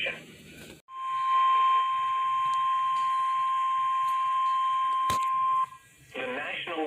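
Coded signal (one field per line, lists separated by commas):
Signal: Emergency Alert System (SAME) tones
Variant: 1050 Hz attention tone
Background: speech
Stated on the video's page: Flash Flood Warnings relayed in Lincoln, Nebraska.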